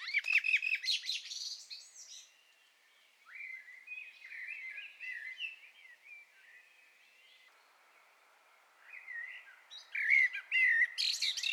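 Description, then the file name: Common blackbird song: loud fluty warbled phrases ending in high squeaky twitters at the start and end, with softer mellow warbling between. "Turdus merula"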